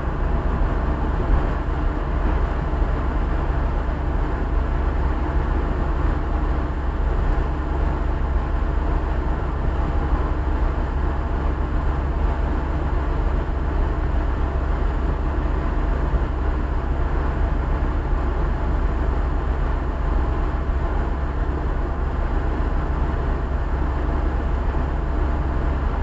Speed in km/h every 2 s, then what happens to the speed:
66, 66, 65, 67, 67, 67, 67, 67, 66, 66, 65, 66, 67.
0-26 steady at about 66.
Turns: none.